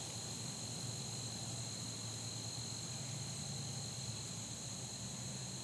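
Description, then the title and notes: Insect drone in two even high tones continues throughout, over a low hum. Fall day that felt like late summer, in a neighborhood; insects droning like the heat. "Soundcast: Insects and Acorns. Recorded on a fall day that felt more like late summer, down to the insects droning like the heat. As a seasonal touch they were joined on percussion by the falling acorns. Blue Ion"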